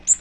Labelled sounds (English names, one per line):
Magnolia Warbler flight call